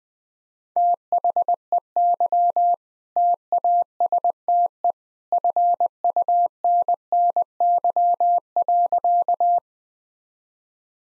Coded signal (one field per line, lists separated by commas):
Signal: Morse code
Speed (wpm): 21 wpm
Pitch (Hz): 700 Hz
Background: none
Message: THEY TASTE FUNNY.